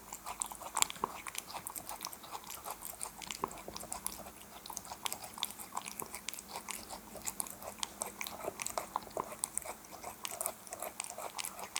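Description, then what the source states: Cat chewing food, quick moist clicks and smacks repeating unevenly for the whole stretch, with no calls heard. Cat eating wet food.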